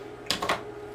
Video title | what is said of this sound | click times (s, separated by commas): Elinchrom ELC Pro HD 500 Unboxing and Hands On Review | it in which this also snapped into place as well and there's a double lock lock | 0.3 s